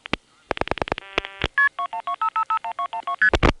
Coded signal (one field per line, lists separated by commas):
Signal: multi-frequency trunk signalling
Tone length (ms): 90 ms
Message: KP2125551212ST